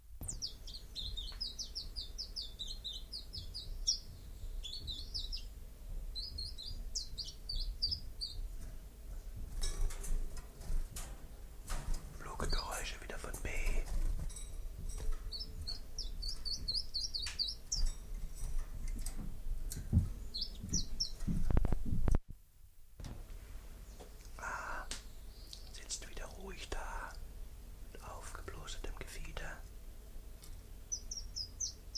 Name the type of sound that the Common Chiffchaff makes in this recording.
song